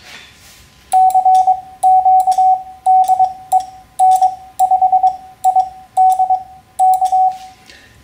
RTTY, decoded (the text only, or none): none